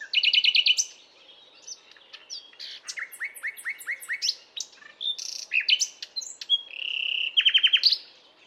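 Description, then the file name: Common nightingale song with a fast repeated rattle, a series of downslurred notes, varied whistles and a held note leading into a fast trill. "Luscinia megarhynchos"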